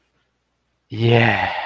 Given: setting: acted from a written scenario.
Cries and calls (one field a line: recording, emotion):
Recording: vocal sound without words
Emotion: contentment